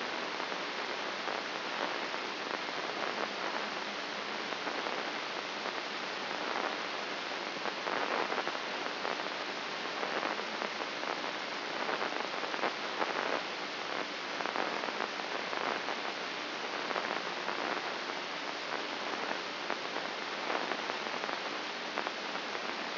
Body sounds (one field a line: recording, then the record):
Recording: brain microelectrode recording played as sound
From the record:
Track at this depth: inside the subthalamic nucleus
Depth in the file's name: 3.431 mm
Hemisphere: left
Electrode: 3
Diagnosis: Parkinson's disease